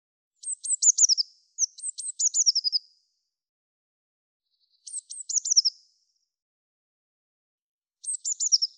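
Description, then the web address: Eurasian blue tit calling with four high, sibilant phrases, two in quick succession, then two more after pauses; each opens with a thin note and tumbles into rapid falling notes. "cianscape birddata Deverinetal 2025 File cleaned normalized Bird Cy Ca"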